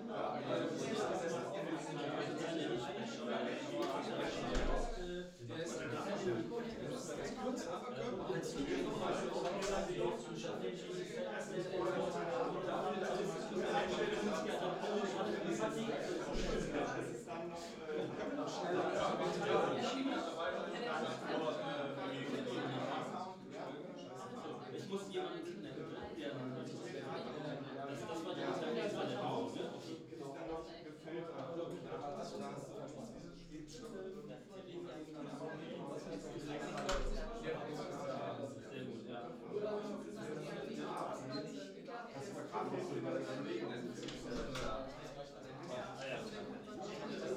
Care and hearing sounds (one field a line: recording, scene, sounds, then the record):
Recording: everyday scene through a hearing-aid microphone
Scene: many people talking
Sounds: many voices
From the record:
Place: bistro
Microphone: in the ear canal, left